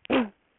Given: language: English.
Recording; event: throat vibration sensor signal played as sound; cough